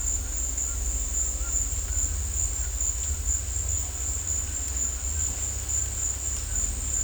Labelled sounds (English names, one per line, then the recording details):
none
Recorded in dense forest near Puerto Asís, Putumayo, Colombia, on 16 December 2024 at 16:30
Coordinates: 0.466, -76.327
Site G075